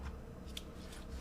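The plastic slide rail on the back section of a transforming robot toy is pushed forward during its change until it is in. A single sharp, short sound is heard at 0.6 s as the rail seats home.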